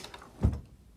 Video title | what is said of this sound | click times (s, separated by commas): The Vegas Sleeper Sofa by Istikal at Futon World NJ | One more click and | 0.0 s, 0.1 s